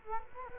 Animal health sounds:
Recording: mosquito wingbeat signal from an infrared sensor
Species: Culex quinquefasciatus

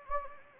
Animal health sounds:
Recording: mosquito wingbeat signal from an infrared sensor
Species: Anopheles gambiae

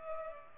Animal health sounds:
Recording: mosquito wingbeat signal from an infrared sensor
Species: Culex pipiens

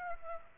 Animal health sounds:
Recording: mosquito wingbeat signal from an infrared sensor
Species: Aedes aegypti

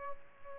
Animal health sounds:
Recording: mosquito wingbeat signal from an infrared sensor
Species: Aedes albopictus

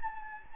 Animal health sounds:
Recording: mosquito wingbeat signal from an infrared sensor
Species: Anopheles gambiae

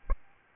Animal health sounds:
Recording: mosquito wingbeat signal from an infrared sensor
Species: Aedes albopictus

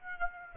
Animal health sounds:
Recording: mosquito wingbeat signal from an infrared sensor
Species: Aedes aegypti

